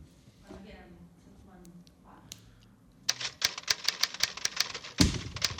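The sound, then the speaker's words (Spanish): Keyboard keys clatter in a quick, steady run of sharp clicks, ending with one heavier thump. Quiet murmuring voices come before the typing starts. “Qué sucio el teclado.”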